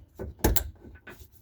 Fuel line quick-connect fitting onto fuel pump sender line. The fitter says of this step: Push them until they click. I heard 2 clicks. That's good. Pull it back.